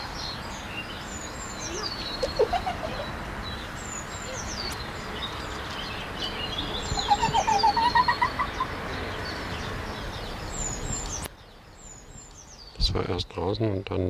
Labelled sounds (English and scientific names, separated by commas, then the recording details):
Corsac Fox (Vulpes corsac)
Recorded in captivity
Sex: male
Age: adult
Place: Zoo Halle, Sachsen-Anhalt, DE
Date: 1993-04-24 10:30
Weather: fair, 21-22 °C
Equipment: Sony WM-D6C, Sony ECM-939 LT, Kopie Uher Variocord 263
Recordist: Tembrock, Günter